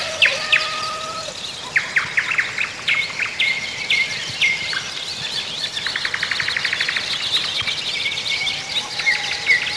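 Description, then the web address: Chorus of songbirds, several singers at once: sharp chips, sweet drawn-out whistles and a fast buzzy trill past the middle, overlapping throughout. Songbirds singing a morning chorus in spring. "vremena vesna pevchie ptici utrenni hor"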